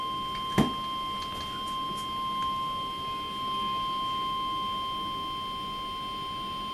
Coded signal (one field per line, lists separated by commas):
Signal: Emergency Alert System (SAME) tones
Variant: 1050 Hz attention tone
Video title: NOAA Weather Radio | 04/19/15 Severe Weather Event